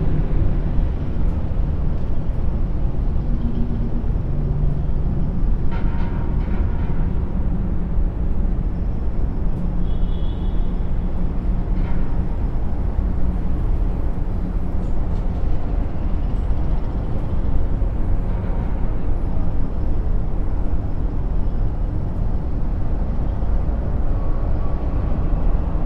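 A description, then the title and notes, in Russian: Steady city noise heard from high up on skyscrapers: a dense, constant low rumble of distant traffic fills the whole clip at an even level. Faint brief higher tones and clicks surface now and then, notably around six and ten seconds. Мы приглашаем вас присоединиться к нам на высоте 20 этажей над шумом городской черты.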